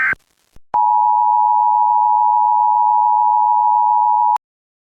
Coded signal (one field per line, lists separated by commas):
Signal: Emergency Alert System (SAME) tones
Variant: 853 and 960 Hz attention tone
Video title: EAS Scenario - The Cube Pt. 1